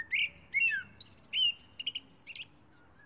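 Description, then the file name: Common blackbird song: rich, slurred whistles rising and falling, interspersed with thin high squeaks, in a quick phrase. "Turdus merula"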